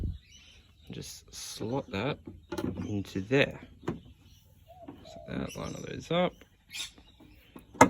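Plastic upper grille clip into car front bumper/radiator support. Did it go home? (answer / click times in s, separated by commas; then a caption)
yes / 7.8 s. Someone talks while lining up a replacement plastic upper grille in a car's front end, slotting it into place against the front bumper/radiator support. The grille is then pushed down, and a sharp click at 7.8 s marks its clip clicking in, leaving the grille seated.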